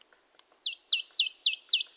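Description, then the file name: Marsh tit call: a rapid, even series of several high, downslurred chirps, each with a thin steady whistle before it. "Poecile palustris"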